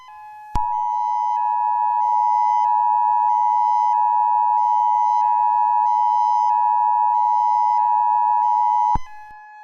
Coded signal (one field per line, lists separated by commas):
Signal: Emergency Alert System (SAME) tones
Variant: 853 and 960 Hz attention tone